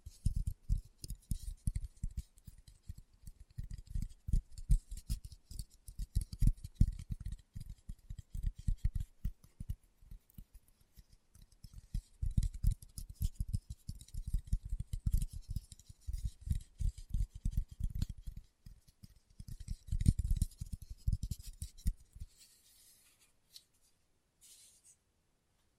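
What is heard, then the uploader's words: Fingertips tap in quick, dense bursts with soft low thuds and faint crisp clicks, thinning out and stopping after about 22 seconds. ASMR Tapping with Fingertips (No Talking).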